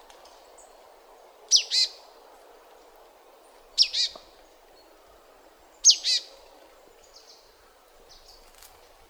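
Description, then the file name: Marsh tit calls: three calls, each a sharp high note followed by a lower, harsher note, over steady background noise. "Poecile palustris"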